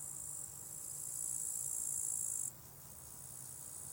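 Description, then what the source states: Crickets trilling in a steady high chorus that grows louder, then cuts back sharply after a couple of seconds, over a quiet low rumble. Crickets at a small spot beside a hiking path with wild natural meadows at Lake Wolfgangsee, Strobl, Austria; some traffic audible; recorded with SD702t and MKH8040.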